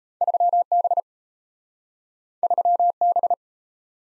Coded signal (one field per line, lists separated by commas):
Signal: Morse code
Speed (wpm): 38 wpm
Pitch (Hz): 700 Hz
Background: none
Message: 3B 3B